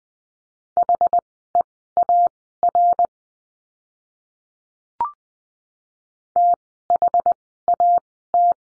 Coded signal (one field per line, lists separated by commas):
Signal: Morse code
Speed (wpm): 20 wpm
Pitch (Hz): 700 Hz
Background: none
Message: HEAR THAT